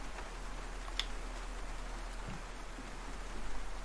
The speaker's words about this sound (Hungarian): Elállhatna viszont az eső. Elállhatna. Nem bánnám.